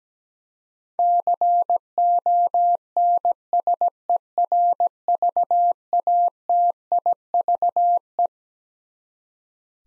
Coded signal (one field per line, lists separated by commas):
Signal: Morse code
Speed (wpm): 17 wpm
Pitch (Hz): 700 Hz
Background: none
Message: CONSERVATIVE